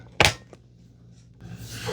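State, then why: Seated. A removable vacuum component, hooked in first and then rotated into the vacuum body during reassembly after cleaning, clicks into place with a sharp thunk at 0.3 s. A faint tick follows at 0.5 s, then a low hum and rising hiss toward the end.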